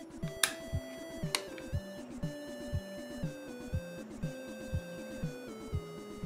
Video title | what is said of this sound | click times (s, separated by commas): Megabit Mini NES PI case For Raspberry Pi 3... part 2 assembly | it's time to install a fan and this just snaps into place on the top half the case now | 0.4 s, 1.3 s